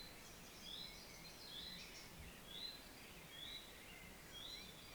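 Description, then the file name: Common chaffinch giving sharp, clipped upward-flicked notes at roughly one-second intervals over constant background noise. "Fringilla coelebs"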